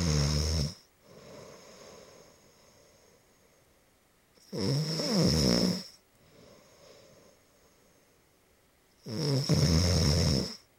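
An adult snoring: three loud, low-pitched, rattling snores on the in-breath, about 12 a minute, each followed by a softer breath out.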